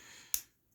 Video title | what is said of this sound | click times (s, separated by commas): Hamilton Watch Breakdown | Oh, well, maybe it doesn't snap right in. | none